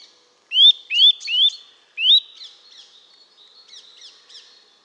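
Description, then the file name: Eurasian nuthatch giving upslurred whistled calls in a quick series of four, then quieter chattering notes. "Sitta europaea"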